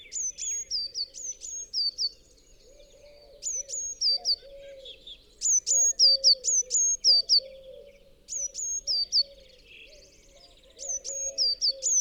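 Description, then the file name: Eurasian Blue Tit giving repeated bursts of sharp, high whistles falling in pitch, several notes a second, while low notes pulse beneath. "Cyanistes caeruleus"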